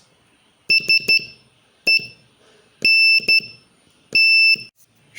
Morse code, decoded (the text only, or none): SENT